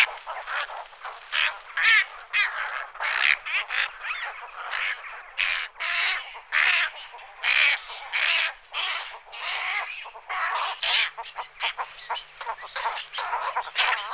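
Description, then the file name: Cattle egrets giving harsh, croaking calls, many short raspy notes overlapping in a busy, continuous chatter. "airone guardabuoi"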